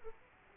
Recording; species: mosquito wingbeat signal from an infrared sensor; Aedes aegypti